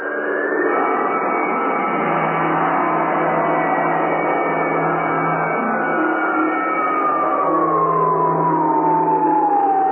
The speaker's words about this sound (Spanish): El capitán oprimió un botón y una serie de foquillos rojos anunciaron alarma general y automáticamente funcionaron las alarmas en toda la base.